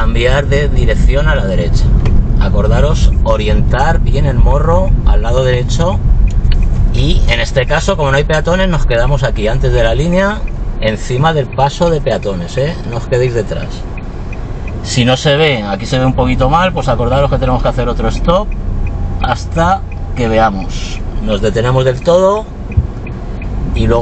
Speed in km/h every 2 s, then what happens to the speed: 30, 27, 18, 10, 6, 0, 0, 0, 1, 1, 0, 0.
0-9 slows to 0. 9-22 standing.